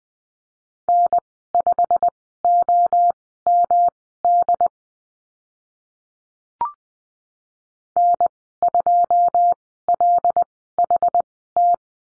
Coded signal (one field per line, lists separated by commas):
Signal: Morse code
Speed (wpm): 20 wpm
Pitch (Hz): 700 Hz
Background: none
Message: N5OMD N2LHT